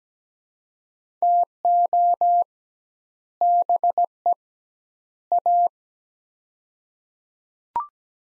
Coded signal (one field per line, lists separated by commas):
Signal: Morse code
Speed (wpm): 17 wpm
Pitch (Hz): 700 Hz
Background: none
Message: TO BE A